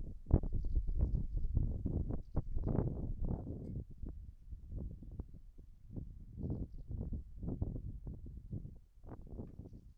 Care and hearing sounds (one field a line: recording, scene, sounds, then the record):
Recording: everyday scene through a hearing-aid microphone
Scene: wind on the microphone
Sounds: wind, whistling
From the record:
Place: in front of a rural house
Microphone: behind the ear, left, front